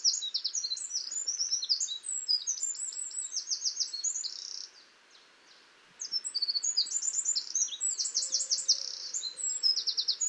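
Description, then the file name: Eurasian wren song: two energetic phrases of high, rapid trills and chirps, broken by a short silence in the middle. "Troglodytes troglodytes"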